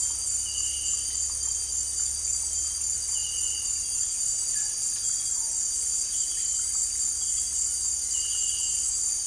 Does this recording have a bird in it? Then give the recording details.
no. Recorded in dense forest near Puerto Asís, Putumayo, Colombia, on 21 December 2024 at 18:00. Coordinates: 0.467, -76.328. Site GP05